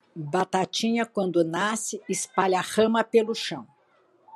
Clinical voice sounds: short text; Brazilian Portuguese; female; 70 to 79 years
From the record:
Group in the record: control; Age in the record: 73 years

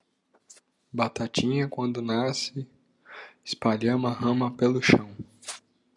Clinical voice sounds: short text; Brazilian Portuguese; male; 20 to 29 years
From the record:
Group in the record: control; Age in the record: 25 years

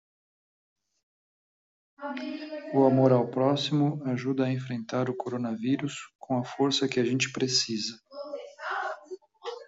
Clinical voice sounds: spoken sentence; Brazilian Portuguese; male; 50 to 59 years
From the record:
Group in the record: control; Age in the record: 57 years

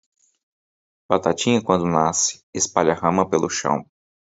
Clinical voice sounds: short text; Brazilian Portuguese; male; 40 to 49 years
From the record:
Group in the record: control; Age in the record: 40 years

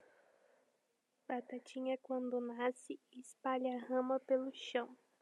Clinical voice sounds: short text; Brazilian Portuguese; female; 20 to 29 years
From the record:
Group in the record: control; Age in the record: 25 years

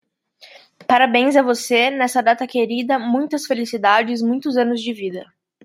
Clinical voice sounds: short text; Brazilian Portuguese; female; 20 to 29 years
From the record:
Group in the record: control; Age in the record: 24 years

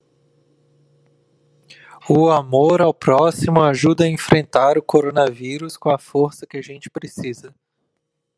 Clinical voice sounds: spoken sentence; Brazilian Portuguese; male; 20 to 29 years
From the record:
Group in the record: control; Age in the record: 29 years

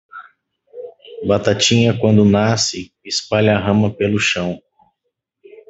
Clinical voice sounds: short text; Brazilian Portuguese; male; 30 to 39 years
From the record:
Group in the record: control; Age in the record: 38 years

